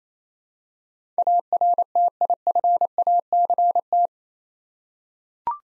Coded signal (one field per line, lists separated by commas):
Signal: Morse code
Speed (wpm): 28 wpm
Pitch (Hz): 700 Hz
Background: none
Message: ARTIFACT